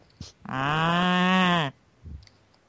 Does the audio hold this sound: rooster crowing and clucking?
no